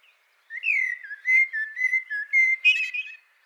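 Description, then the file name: Common blackbird song, a flowing phrase of low fluted whistles lasting about three seconds with a squeaky finish. "Turdus merula"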